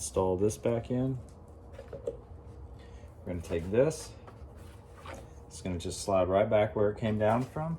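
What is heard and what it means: Someone talks while a plastic grille cover is picked up and lined up to go back into the front end of a 2017+ Ford PowerStroke 6.7 F250/F350 truck, during a windshield washer repair. Faint handling noises, including brief taps around 1.9 and 2.1 seconds, sit between the speech. The cover is only positioned, and nothing has clicked into place yet.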